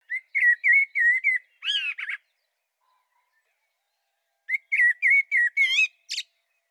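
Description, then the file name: Common blackbird song phrases: a run of clear whistled notes near one pitch, then swooping rising notes and a high twittery ending, repeated after a silent pause. "Turdus merula"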